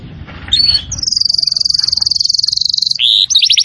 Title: Kenari Gacor